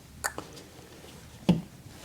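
A plastic hold-down clip for the wiring harness on a 9th-generation 2012 Honda Civic is pushed back into its mount on the intake airbox. Sharp clicks sound at 0.3 s and 1.5 s, with fainter ticks around 0.4 s and 2.1 s. The clip snaps on and is seated.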